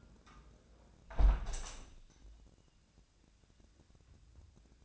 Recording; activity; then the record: daily activity, microphone in the room; close window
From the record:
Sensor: 2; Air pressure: 1012.2 hPa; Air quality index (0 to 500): 124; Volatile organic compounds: 1 ppm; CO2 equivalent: 915 ppm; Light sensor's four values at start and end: 106/254/104/103 and 108/259/106/105